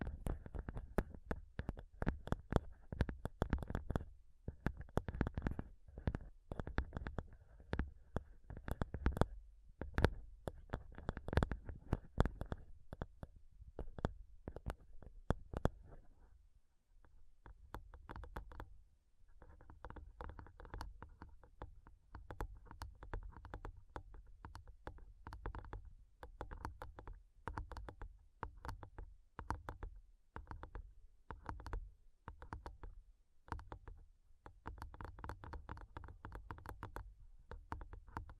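Fingernails tap rapidly and irregularly on a microphone, producing sharp clicky strikes with a heavy low thump beneath each one. The tapping is loudest and densest for the first sixteen seconds, then continues softer and lighter over a steady low rumble.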